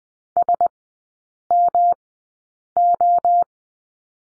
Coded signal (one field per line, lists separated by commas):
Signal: Morse code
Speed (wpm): 19 wpm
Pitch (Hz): 700 Hz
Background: none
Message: SMO